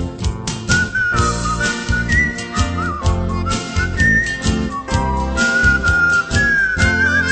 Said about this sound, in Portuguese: Assobiando sempre esta melodia, vou conduzindo o passageiro com amor.